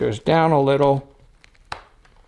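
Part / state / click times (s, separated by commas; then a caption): rebreather scrubber head locking onto canister / seated / 1.7 s. Someone talks while pressing a KISS Spirit rebreather scrubber head a little further down onto its canister and turning the locking key. After a few faint ticks, a loud sharp click at 1.7 s marks the head key locking into place, and the head is seated.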